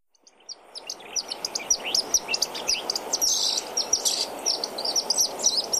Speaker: Among kingfishers, it is one of the loudest and most talkative. It sounds like this.